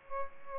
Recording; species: mosquito wingbeat signal from an infrared sensor; Aedes aegypti